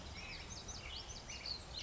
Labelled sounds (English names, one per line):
Black-headed Grosbeak